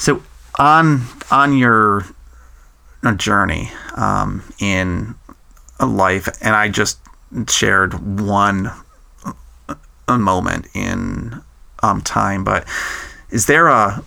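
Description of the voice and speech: An adult man speaks with a stutter he has had since age 3 and still has. His speech shows drawn-out sounds and silent blocks between words.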